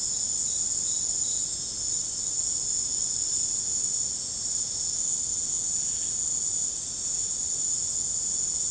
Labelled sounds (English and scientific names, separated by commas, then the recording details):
none
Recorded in secondary vegetation near Puerto Asís, Putumayo, Colombia, on 20 December 2024 at 21:00
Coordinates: 0.489, -76.322
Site G059